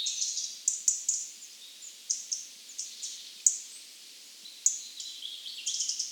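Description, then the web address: European robin giving thin, very high-pitched notes, short ticks and brief trills scattered irregularly, with a faint background hiss. "SETE data Erithacus rubecula"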